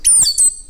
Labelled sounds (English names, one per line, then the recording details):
Stitchbird song
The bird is a male
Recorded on Tiritiri Matangi Island, New Zealand, in 2005
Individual 16, of nest box 24